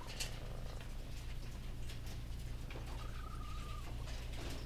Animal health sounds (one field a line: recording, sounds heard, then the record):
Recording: poultry house recording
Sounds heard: sick chickens (respiratory disease)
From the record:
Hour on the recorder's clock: 15